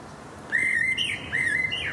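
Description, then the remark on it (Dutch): An early-in-the-year blackbird sings in a street in Utrecht, Netherlands: two short, fluting phrases separated by a brief pause, each a clear warbling whistle at a mid-high pitch, somewhat searching and hesitant, over a faint background hiss, with no voices present. “Die geniet van een vroege merel in haar straat.”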